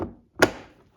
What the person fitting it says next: There we go. I can feel it click in now.